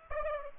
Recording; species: mosquito wingbeat signal from an infrared sensor; Aedes aegypti